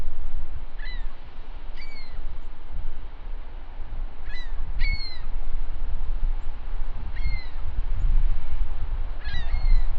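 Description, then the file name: Gull calls: repeated mewing cries, some doubled, every couple of seconds above heavy low wind or surf noise. "Anim Seaguls"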